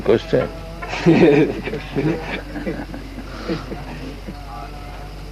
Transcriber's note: laughter